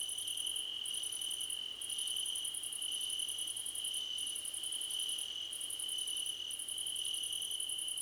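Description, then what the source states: Cricket chorus with a steady high trill and a very high pulsed buzz in bursts with short breaks, plus short chirps recurring at regular intervals. Several crickets chirping together, described as a choir competition.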